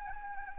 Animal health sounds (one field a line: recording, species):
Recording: mosquito wingbeat signal from an infrared sensor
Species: Anopheles gambiae